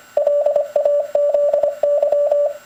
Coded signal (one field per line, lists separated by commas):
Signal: Morse code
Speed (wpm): 25 wpm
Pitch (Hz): 580 Hz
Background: none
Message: LAZY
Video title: Heathkit Ultrapro CW Keyboard